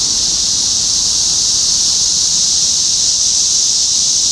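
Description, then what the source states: Cicadas in a loud continuous buzzing drone, even and unwavering, with only faint low background noise. Several cicadas recorded in Topeka, Kansas, United States, on 14 June 2015.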